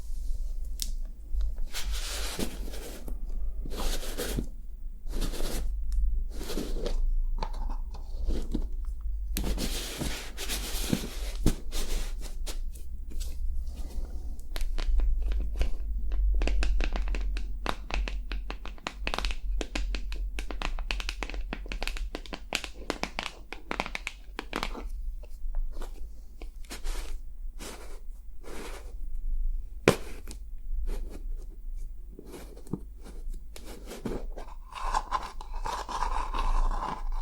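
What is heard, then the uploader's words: Scalp scratching and hair brushing make dense, crackly scratches and scrapes throughout. Quick bursts come in irregular clusters, some sharp and bright, others softer, with brief gaps around five and twenty-five seconds. A steady low hum runs underneath the whole time. ASMR Relaxing Scalp Massage + Hair Care Treatment head massage, scalp scratching + hair brushing.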